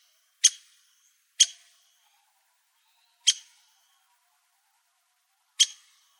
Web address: Woodpeckers LBWO